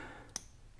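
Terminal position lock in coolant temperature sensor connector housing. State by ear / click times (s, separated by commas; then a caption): seated / 0.4 s. With all three wire terminals inserted into the stock coolant temperature sensor connector housing for a BEAMS engine swap in an AE86, the popped-out plastic terminal position lock is pushed back into the housing. A single sharp click is heard at 0.4 s over a quiet background. The lock seats and the pins are held in place.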